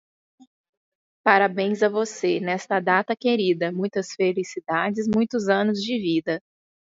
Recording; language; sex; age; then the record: short text; Brazilian Portuguese; female; 30 to 39 years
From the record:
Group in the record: control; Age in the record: 32 years